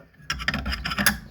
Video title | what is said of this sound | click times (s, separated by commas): Xtool P2S Minicam Part 1 | Set it on there and it clicks into place. | 0.3 s, 0.5 s